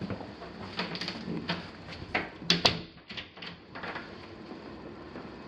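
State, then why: Not seated. A bedroom door is pushed shut repeatedly against its strike plate, giving a series of soft bumps and rattles, with the sharpest knocks near 2.5 and 2.7 seconds. The latch fails to catch and the door won't latch; nothing has seated or clicked.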